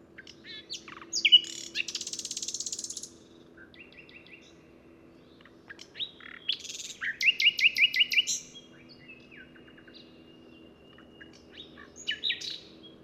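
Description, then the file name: Common nightingale song: varied phrases of sharp chirps, a dense buzzy rattle, rapid repeated notes and a long thin whistle, separated by short pauses. "Luscinia megarhynchos"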